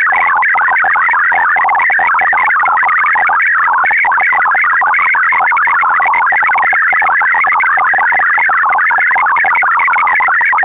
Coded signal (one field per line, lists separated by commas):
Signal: multi-tone FSK (Olivia or MFSK type)